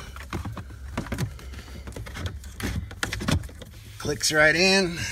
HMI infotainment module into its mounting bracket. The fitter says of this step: HMI will slide right back up clicks